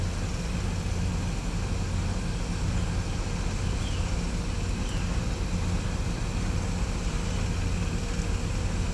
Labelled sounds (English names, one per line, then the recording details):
none
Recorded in pastures near Puerto Asís, Putumayo, Colombia, on 16 December 2024 at 09:30
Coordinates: 0.505, -76.324
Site G063